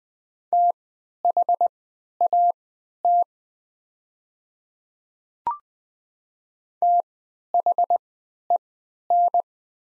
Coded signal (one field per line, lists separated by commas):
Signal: Morse code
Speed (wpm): 20 wpm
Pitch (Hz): 700 Hz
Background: none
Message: THAT THEN